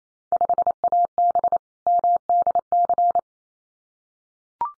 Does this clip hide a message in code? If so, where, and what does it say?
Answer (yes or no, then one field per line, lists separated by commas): yes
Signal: Morse code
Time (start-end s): 0.3-3.2 s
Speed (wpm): 28 wpm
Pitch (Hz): 700 Hz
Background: none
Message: 5AB MDC